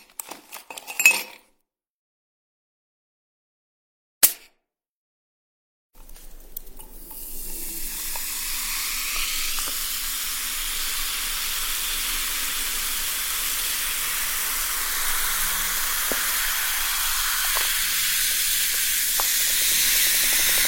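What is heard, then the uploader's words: Sparkling soda water, starting with a couple of short rattling clicks and a sharp tap, then silence until about six seconds. A steady fizzing hiss rises and keeps going, slowly growing a little louder, with tiny pops and crackles scattered through it. The freshness of sparkling soda water.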